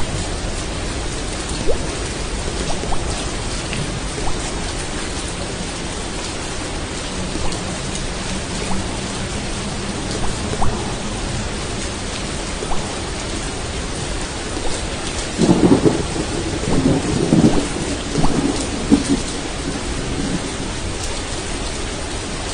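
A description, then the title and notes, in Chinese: Rain heard from inside a cave, a dense, steady hiss of drops with scattered sharper drips standing out every second or two. A faint low hum lingers through the middle, and around fifteen to nineteen seconds heavier, deeper splashes and rumbles swell briefly before easing back. 山洞听雨。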